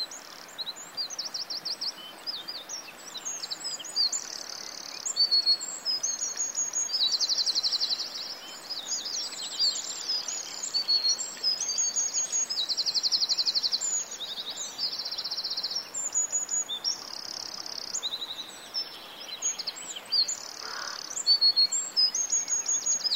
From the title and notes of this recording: Peaceful Forest in Dartmoor. Listen to a small stream gently flowing in the distance in a peaceful English forest.